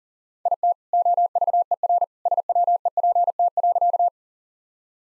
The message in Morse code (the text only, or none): IT OVERSWEPT.